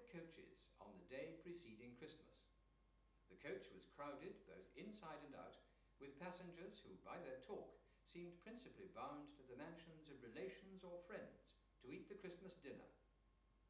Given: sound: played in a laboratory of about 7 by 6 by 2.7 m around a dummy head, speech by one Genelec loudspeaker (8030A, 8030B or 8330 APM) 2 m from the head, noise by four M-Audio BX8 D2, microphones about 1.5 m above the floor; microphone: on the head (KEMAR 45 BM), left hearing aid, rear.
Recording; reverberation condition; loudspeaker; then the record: male speech in English; medium; 30 degrees to the left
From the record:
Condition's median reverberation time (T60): about 510 ms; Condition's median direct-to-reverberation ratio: about -0.5 dB